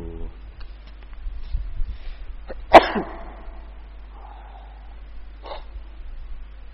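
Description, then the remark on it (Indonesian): A single sharp, explosive sneeze bursts out suddenly, loud and brief with a short breathy tail, against a steady low hum and a few faint background noises. “Alhamdulillah. Yahdikum Allah yuslih balakum.”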